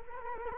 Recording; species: mosquito wingbeat signal from an infrared sensor; Culex quinquefasciatus